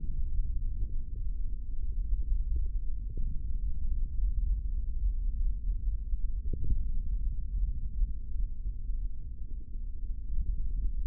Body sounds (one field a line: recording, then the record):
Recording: forearm muscle sounds (acoustic myography)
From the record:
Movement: index flexion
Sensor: system 3, bracelet of six PUI Audio POM-2738L microphones around the upper forearm, with dedicated amplification and filtering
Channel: 2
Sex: male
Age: 25 years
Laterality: right